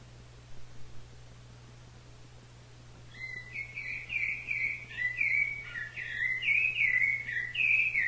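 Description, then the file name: Thrush singing after about three seconds of quiet: rich whistled phrases follow one another without pause, looping and slurring, growing louder toward the end, with a low hum beneath. "SABIA"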